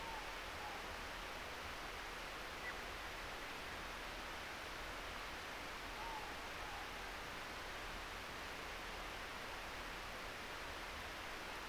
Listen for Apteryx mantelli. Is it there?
no